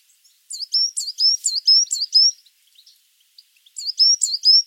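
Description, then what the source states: Coal tit singing, a rapid run of high two-note phrases, a short pause, then a few more. Coal tit in song, recorded by Mark Lewis.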